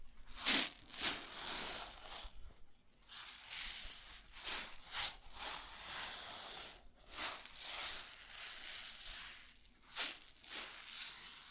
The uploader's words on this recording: ASMR Grain Sounds (No Talking).